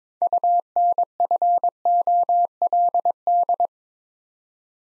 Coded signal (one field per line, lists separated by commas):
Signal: Morse code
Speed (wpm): 22 wpm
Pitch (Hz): 700 Hz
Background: none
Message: UNFOLD